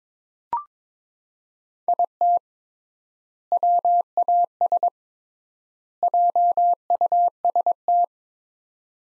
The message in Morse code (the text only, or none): IT WAS JUST